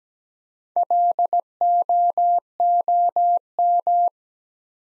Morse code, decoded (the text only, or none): LOOM